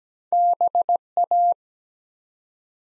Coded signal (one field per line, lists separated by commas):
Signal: Morse code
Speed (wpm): 17 wpm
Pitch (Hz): 700 Hz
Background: none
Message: BA